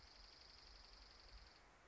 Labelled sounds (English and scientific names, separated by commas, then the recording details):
Dark-eyed Junco (Junco hyemalis)
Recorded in Sonoma County, California